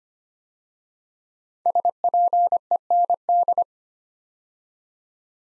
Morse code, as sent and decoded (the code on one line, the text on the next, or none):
... .--. . -. -..
SPEND